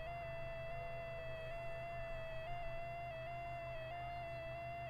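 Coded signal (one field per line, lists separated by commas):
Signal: JS8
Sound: a buzzy tone with overtones, stepping slightly up and down in pitch several times a second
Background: radio hiss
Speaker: that's my beacon being sent hopefully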